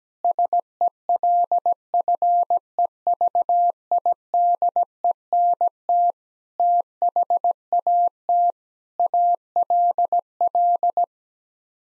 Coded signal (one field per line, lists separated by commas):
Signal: Morse code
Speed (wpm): 17 wpm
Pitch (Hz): 700 Hz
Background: none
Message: SELFEVIDENT THAT ALL